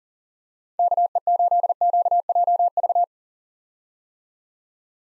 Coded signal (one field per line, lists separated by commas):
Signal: Morse code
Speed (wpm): 40 wpm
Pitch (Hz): 700 Hz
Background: none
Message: KE8QJV